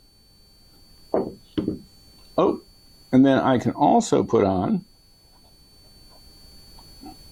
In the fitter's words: and then we snap it closed